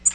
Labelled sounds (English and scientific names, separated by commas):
Tennessee Warbler (Leiothlypis peregrina) flight call